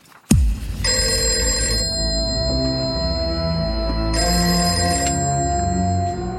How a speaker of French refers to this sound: Alors que la vie semble s'être un peu apaisée dans les villages, un coup de téléphone alerte les résistants.